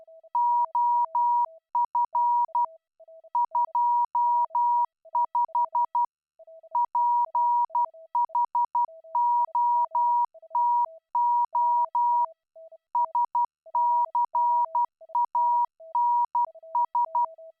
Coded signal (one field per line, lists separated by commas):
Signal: Morse code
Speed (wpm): 12 wpm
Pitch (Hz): 960 Hz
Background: music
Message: OF 25 PHOTO SCANS